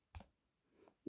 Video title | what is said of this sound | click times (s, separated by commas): Transformers Reviews - Legacy United Beast Wars Universe Silverbolt | clicks back into place or at least it makes a little noise when you move | 0.2 s, 1.1 s